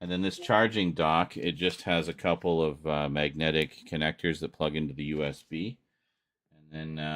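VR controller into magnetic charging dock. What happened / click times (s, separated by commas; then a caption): Handled, not yet seated: no click from the charging dock connection / none. A VR controller is handled near a magnetic charging dock whose magnetic connectors plug into USB, while someone talks throughout. Speech fills most of the clip, followed by a short silence and then a steady hum at the end. Nothing has seated or clicked into place yet.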